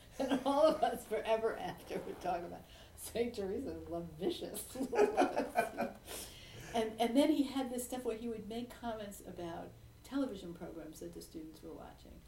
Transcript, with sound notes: And all of us forever after would talk about Saint Teresa was lavicious. (laughter) And then he had this stuff where he would make comments about television programs that the students were watching.